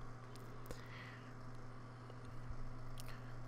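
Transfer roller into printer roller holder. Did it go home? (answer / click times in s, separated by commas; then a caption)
no / none. A transfer roller is pressed down into its bearing collar in the roller holder of a Kyocera M3550idn printer during replacement of the transfer roller assembly, giving only faint brief taps and scrapes around 0.4, 0.7 and 3.0–3.1 s over a steady low hum. Nothing has seated or clicked yet, because the roller is slightly off the collar.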